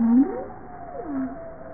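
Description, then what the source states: Bowhead whale gives a low, tonal call that sweeps up, wavers, then dips back down in a smooth modulated curve. Recorded 21 April 1988 at 07:05.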